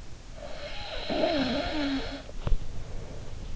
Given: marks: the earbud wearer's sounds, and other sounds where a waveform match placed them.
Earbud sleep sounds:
sounds in sleep by an in-ear microphone; snoring breath, body movement
0.40-3.56 s: snoring breath
2.33-3.55 s: body movement

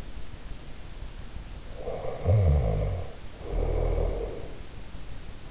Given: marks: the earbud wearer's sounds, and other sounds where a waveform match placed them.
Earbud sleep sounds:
sounds in sleep by an in-ear microphone; snoring breath
1.82-4.48 s: snoring breath

